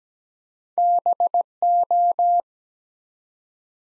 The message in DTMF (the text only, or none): none